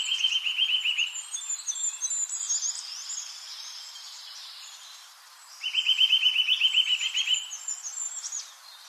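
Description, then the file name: Eurasian nuthatch giving rapid, even trills of high piping notes, one at the start and another about five seconds later. "Sitta europaea"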